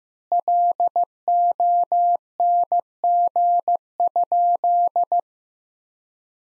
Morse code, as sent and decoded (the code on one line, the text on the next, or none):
.-.. --- -. --. ..--..
LONG?